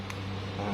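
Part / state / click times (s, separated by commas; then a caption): plastic guard comb onto hair clipper / seated / 0.1 s. A No. 2 plastic guard comb is pressed onto a hair clipper blade and snaps into place with a short, sharp click at 0.1 s over a steady low hum. The guard comb is seated and locked on the clipper.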